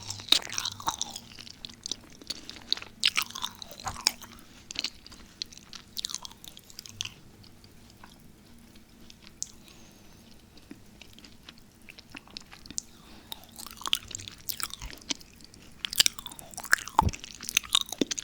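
Sweet macaron triggers: crisp bites and crunchy chewing come in bursts, busiest at the start and near the end, over a soft low hum.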